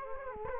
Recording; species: mosquito wingbeat signal from an infrared sensor; Culex quinquefasciatus